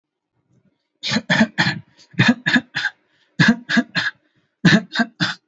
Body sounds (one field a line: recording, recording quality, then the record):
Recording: shallow voluntary cough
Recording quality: excellent, no background noise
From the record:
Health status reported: healthy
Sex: male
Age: 28 years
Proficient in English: yes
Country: India